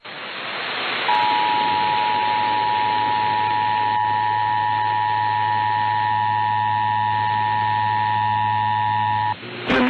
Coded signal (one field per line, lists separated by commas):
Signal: Emergency Alert System (SAME) tones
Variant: 853 and 960 Hz attention tone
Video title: EAS Mini-Timeline Late Week Wisconsin Severe Thunderstorms NOAA Weather Radio (NW To Cen Wisconsin)